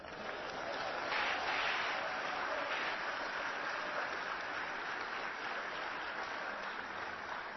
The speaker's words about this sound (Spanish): Dele palmas a Jesús.